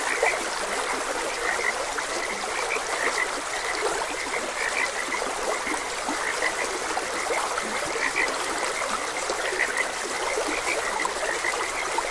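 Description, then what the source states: Frogs give dense, repeated chirping croaks throughout, mixed with the even, unbroken rush of a trickling stream. Frogs croaking beside a gentle stream.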